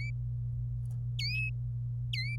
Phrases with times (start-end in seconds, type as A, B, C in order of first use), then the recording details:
1.19-1.49 A, 2.13-2.35 A. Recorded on 25 April 2018 at 17:00. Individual llb3